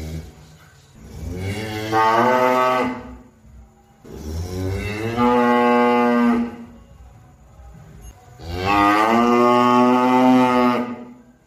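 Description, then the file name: Cow lowing three times, deep drawn-out moos with brief pauses between. "suara sapi"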